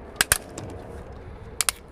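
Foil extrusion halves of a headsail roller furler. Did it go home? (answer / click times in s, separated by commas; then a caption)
yes / 0.2 s, 0.3 s, 1.6 s, 1.7 s. Aluminum foil extrusion halves of a Snapfurl CF-700 headsail roller furler are pushed up with tape-padded channel locks until they snap together. Sharp clicks ring out at 0.2 s, 0.3 s, 1.6 s and 1.7 s, with a faint tick near 0.6 s over low background noise. The extrusions seat together.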